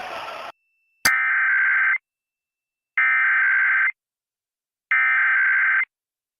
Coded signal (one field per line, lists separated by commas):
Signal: Emergency Alert System (SAME) tones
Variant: header bursts